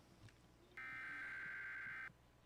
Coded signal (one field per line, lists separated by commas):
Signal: Emergency Alert System (SAME) tones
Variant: header bursts